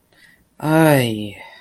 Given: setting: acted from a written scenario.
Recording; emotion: vocal sound without words; shame